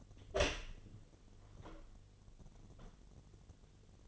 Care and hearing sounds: daily activity, microphone in the room; open door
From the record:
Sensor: 4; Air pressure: 1008.0 hPa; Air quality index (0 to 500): 182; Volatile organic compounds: 5 ppm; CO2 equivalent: 1828 ppm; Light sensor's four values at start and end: 24/77/29/28 and 23/72/27/26

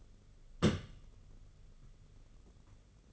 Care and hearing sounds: daily activity, microphone in the room; place on stove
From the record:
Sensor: 4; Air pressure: 995.3 hPa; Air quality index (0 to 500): 215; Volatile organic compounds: 256 ppm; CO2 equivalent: 4377 ppm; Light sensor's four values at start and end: 24/76/29/31 and 24/76/29/31

